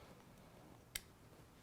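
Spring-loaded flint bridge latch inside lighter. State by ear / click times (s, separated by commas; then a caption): released / 1.0 s. A finger pushes the metal spring-loaded flint bridge latch inside an opened Patek Philippe Ellipse lighter until it clicks open at 0.96 s, a single short, sharp click over a quiet background. The latch releases, and the flint holder hinges open.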